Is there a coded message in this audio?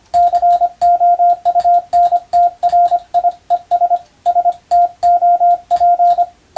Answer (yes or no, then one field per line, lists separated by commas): yes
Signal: Morse code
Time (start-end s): 0.1-6.2 s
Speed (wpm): 25 wpm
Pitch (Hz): 700 Hz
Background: radio noise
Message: COUNTRIES STOP